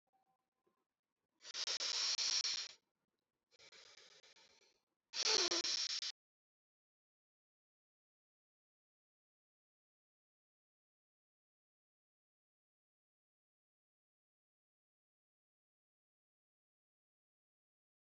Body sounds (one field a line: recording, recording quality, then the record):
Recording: deep breathing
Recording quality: moderate, slight background noise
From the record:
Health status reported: healthy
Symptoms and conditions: diabetes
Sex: male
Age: 39 years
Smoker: not ticked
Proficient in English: yes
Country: India